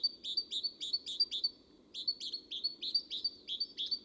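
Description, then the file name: Great tit rattling off quick, high two-note phrases in two close bursts, bright and insistent, with a low hum in the background. "Parus major"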